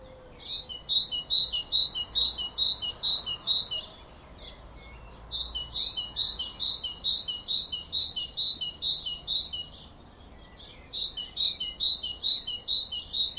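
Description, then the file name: Great tit singing bright two-note phrases in steady quick series, three bouts separated by brief gaps, with soft background chirping. "Parus major"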